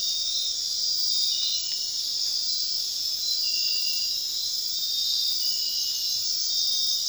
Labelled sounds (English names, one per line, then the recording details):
none
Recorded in dense forest near Puerto Asís, Putumayo, Colombia, on 18 February 2024 at 04:00
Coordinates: 0.499, -76.324
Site G6469